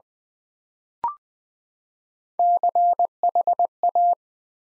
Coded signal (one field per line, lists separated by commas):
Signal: Morse code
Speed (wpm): 21 wpm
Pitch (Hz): 700 Hz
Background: none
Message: CHA